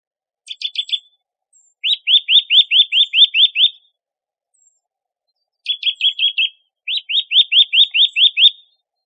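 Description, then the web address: Eurasian Nuthatch calls: short clipped notes followed by a fast series of rising whistled notes, the pattern given twice. "birdify. sitta europaea"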